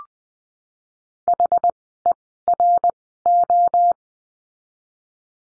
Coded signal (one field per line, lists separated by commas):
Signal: Morse code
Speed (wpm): 20 wpm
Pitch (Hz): 700 Hz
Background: none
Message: H E R O